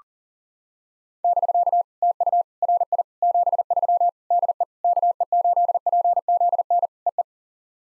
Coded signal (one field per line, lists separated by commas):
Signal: Morse code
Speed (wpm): 40 wpm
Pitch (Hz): 700 Hz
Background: none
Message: <BK> TU RI 73 DE KE8PZN EE